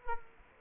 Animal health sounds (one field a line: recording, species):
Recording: mosquito wingbeat signal from an infrared sensor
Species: Culex quinquefasciatus